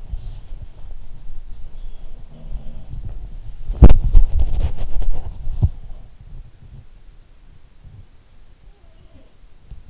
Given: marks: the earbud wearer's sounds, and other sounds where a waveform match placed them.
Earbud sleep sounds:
sounds in sleep by an in-ear microphone; body movement
0.00-6.96 s: body movement
1.59-3.77 s: sound from someone else or the room
8.53-9.65 s: sound from someone else or the room

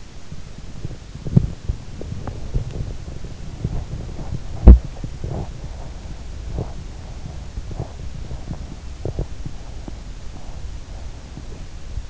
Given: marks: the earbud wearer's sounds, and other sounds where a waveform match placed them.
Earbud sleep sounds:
sounds in sleep by an in-ear microphone; body movement
0.00-12.10 s: body movement

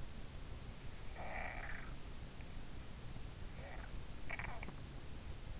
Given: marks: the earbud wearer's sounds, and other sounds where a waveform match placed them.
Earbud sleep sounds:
sounds in sleep by an in-ear microphone; snoring breath
0.93-2.47 s: snoring breath
3.90-5.39 s: snoring breath

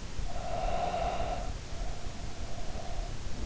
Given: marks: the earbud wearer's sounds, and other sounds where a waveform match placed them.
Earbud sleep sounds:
sounds in sleep by an in-ear microphone; breath
0.18-3.13 s: breath

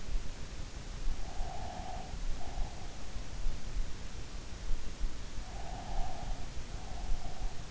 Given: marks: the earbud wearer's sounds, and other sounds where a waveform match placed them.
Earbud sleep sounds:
sounds in sleep by an in-ear microphone; breath
1.29-3.23 s: breath
5.51-7.71 s: breath

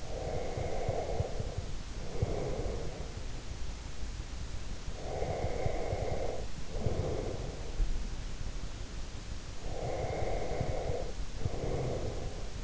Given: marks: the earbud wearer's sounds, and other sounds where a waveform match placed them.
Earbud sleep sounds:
sounds in sleep by an in-ear microphone; breath
0.00-3.31 s: breath
4.90-7.96 s: breath
9.57-12.63 s: breath

